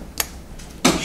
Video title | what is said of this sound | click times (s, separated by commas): ChickenHead Chronicles - Commodore SX-64 Review and Repair | should just snap right into place | 0.2 s, 0.9 s